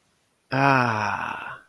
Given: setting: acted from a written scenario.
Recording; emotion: vocal sound without words; pride